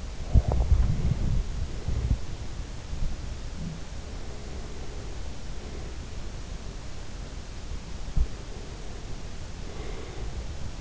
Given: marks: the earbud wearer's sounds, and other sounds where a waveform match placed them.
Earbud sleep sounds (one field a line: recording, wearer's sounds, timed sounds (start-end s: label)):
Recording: sounds in sleep by an in-ear microphone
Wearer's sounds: body movement, breath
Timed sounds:
0.00-4.22 s: body movement
3.96-6.23 s: breath
7.92-10.81 s: breath